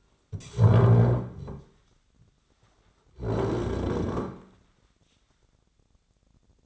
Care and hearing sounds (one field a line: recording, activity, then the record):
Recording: daily activity, microphone in the room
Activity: stand up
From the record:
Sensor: 3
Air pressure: 1009.3 hPa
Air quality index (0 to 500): 180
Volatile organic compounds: 3 ppm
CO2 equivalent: 1454 ppm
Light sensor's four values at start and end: 52/133/59/60 and 39/94/43/48